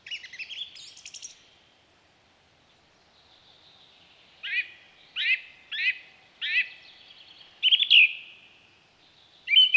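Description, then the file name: Song thrush song: a brief trill, a pause, then a sharp note repeated four times, followed by richer phrases. "Zanglijster"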